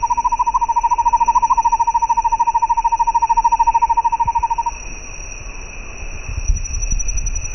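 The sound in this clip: Bird giving a fast, even trill on one mid pitch for nearly five seconds, then stopping; a steady high hum runs underneath and low rumbles follow.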